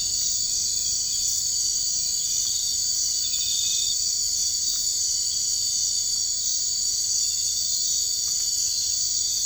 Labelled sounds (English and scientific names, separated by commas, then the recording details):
none
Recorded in dense forest near Puerto Asís, Putumayo, Colombia, on 21 March 2025 at 02:30
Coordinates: 0.485, -76.318
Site G056